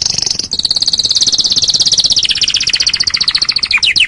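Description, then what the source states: Canary delivering a loud, very rapid trill that slowly slides downward in pitch and ends in a few quick descending notes. Canary masteran (tutor) song, meant to make other birds sing more wildly.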